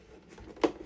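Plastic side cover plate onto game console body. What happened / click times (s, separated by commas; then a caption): The plastic cover panel snapped into place / 0.6 s. A plastic side cover plate is pushed onto the body of a PS5 game console until it snaps home, confirmed as seated. Low, soft handling noise leads up to a single sharp click at 0.6 s, then quieter rustling as the plate sits in place.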